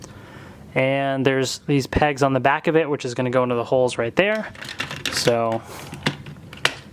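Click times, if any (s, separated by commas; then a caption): 6.6 s. Someone talks while a Red Ranger zord figure, posed sitting, is pushed onto a DX Ninja Steel Megazord toy so the pegs on its back go into the plastic holes. A few small plastic handling taps follow the speech, and the pegs click into place with a sharp snap at 6.7 seconds.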